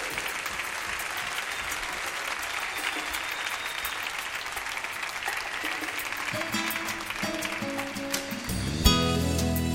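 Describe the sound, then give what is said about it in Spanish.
Sustained loud applause from a crowd, clapping for the king, a dense steady clatter of clapping for several seconds, with sustained musical tones rising underneath toward the end. “Dale fuertes aplausos al rey.”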